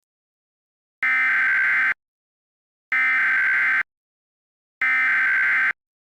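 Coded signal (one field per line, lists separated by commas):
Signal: Emergency Alert System (SAME) tones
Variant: header bursts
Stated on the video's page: Fake test alert mixed with an emergency action notification, generated by an EAS encoder app; the tones are valid.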